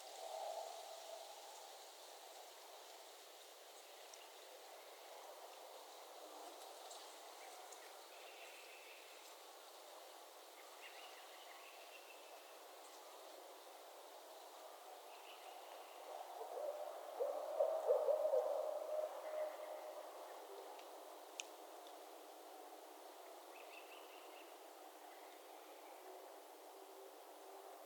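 Barred owl calls sound low and faint in a steady outdoor hush, with a louder, wavering hooting stretch swelling around the middle, near 17 to 20 seconds. Brief higher chirps and a sharp click near 21 seconds dot the quiet background.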